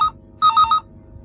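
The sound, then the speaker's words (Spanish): An electronic telephone rings in a bedroom: a short tonal beep, a pause, then a quick warbling burst of three alternating high-pitched tones with bright harmonics, loud over a faint low hum. “Me sobresaltó, ya en mi habitación, el teléfono.”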